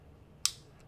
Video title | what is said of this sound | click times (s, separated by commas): MEP Sachtler Tripod | move it over till it clicks and that makes that little knob come up | 0.4 s